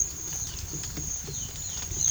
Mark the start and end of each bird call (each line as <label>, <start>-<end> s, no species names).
bird call, 1.28-2.10 s